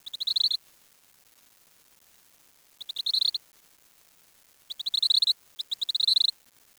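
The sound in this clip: Bird giving quick ticking trills, high and evenly pulsed, in four bursts of about half a second with quiet gaps between them.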